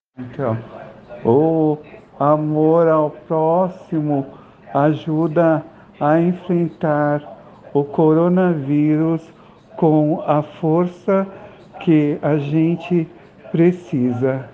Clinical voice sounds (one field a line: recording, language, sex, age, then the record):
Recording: spoken sentence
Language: Brazilian Portuguese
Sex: male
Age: 50 to 59 years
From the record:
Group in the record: respiratory insufficiency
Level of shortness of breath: 5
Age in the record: 54 years